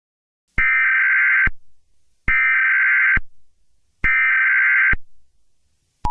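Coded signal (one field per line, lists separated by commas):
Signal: Emergency Alert System (SAME) tones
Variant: header bursts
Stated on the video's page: Fictional EAS scenario using valid EAS tones.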